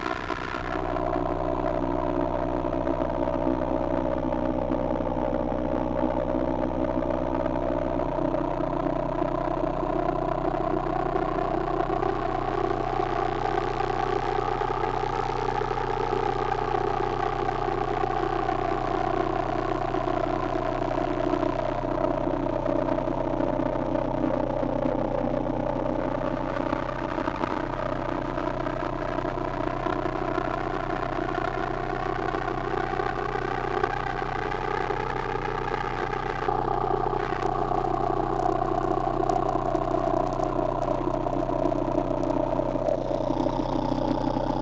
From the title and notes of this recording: Digital Insect Swarm. Raw files from sonic exploration in late march.